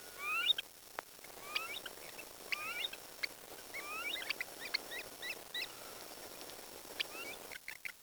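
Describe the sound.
Bird calls, many short chirps and rising whistled notes scattered throughout, over a steady hiss with a few clicks and thumps.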